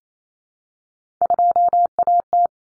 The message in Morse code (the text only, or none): 2AT